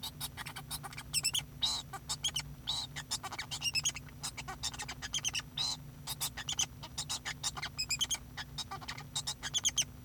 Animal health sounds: song of a male Bengalese finch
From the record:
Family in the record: son of father 2

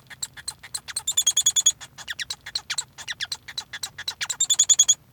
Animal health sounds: song of a male Bengalese finch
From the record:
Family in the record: son of father 1

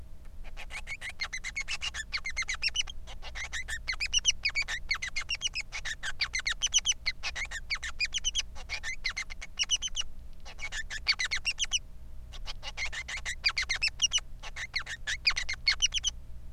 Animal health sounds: song of a male Bengalese finch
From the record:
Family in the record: son of father 3

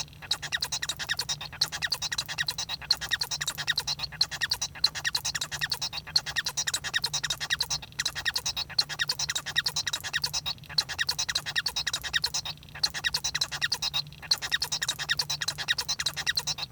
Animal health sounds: song of a male Bengalese finch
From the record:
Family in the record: son of father 1

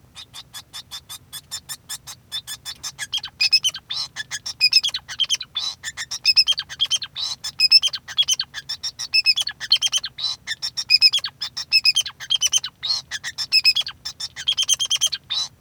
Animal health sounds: song of a male Bengalese finch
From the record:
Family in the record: son of father 2

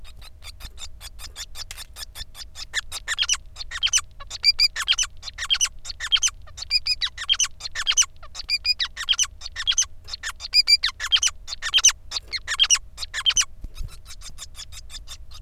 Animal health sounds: song of a male Bengalese finch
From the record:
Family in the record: son of father 5

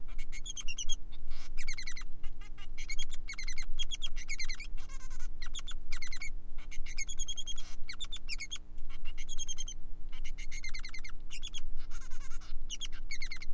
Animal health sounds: song of a male Bengalese finch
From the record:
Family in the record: son of father 3

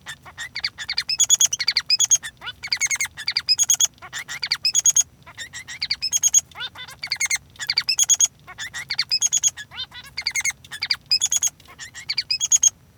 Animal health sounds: song of a male Bengalese finch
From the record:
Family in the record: son of father 3

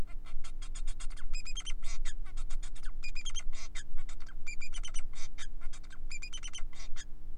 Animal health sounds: song of a male Bengalese finch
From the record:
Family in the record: son of father 4

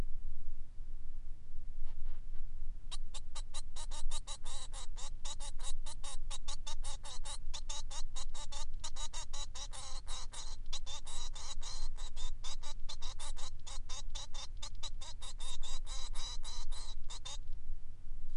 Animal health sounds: song of a male Bengalese finch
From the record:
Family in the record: son of father 3

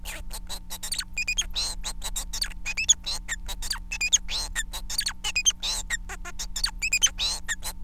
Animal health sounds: song of a male Bengalese finch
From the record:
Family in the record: son of father 4

